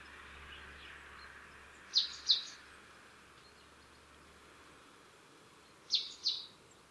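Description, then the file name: Marsh tit calls: two sharp, high paired notes about two seconds in, then the same double note again four seconds later, over a steady low background hiss. "Poecile palustris"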